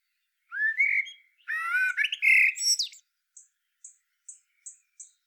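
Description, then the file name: Common blackbird singing a low, mellow warbled phrase that runs into a squeaky twitter, followed by a series of short high thin notes spaced about half a second apart. "Turdus merula"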